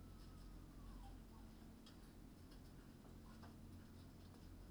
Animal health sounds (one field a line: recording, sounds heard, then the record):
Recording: poultry house recording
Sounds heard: healthy chickens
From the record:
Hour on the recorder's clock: 19